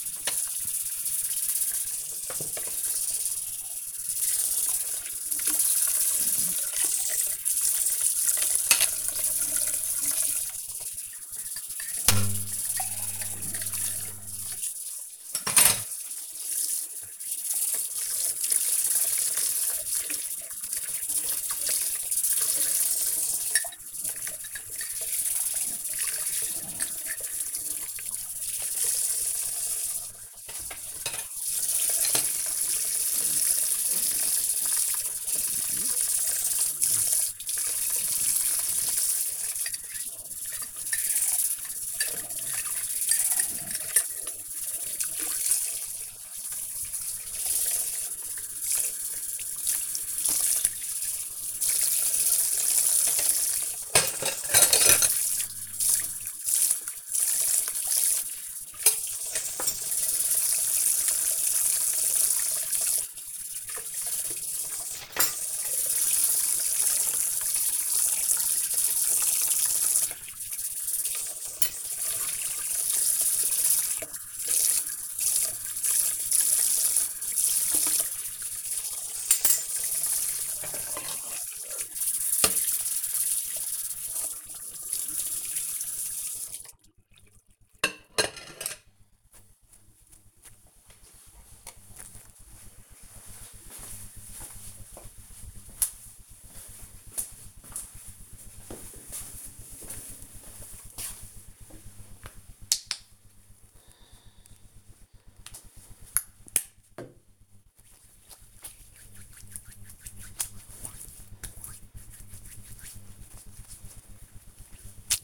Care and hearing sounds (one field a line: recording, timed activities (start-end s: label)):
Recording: household activities, microphone on the right wrist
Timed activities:
0.00-87.16 s: washing dishes
100.27-115.24 s: disinfecting hands